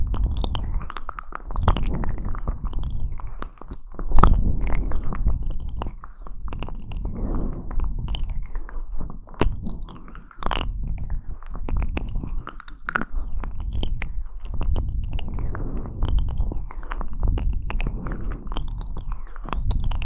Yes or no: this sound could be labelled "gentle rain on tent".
no